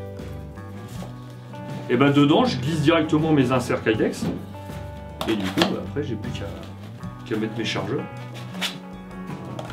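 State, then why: Seated. An airsoft magazine is pushed into a tactical vest pouch fitted with a Kydex insert, where it clips into place. Someone talks over background music, then two quick hard clicks are heard at 9.6 s and 9.7 s as the magazine seats.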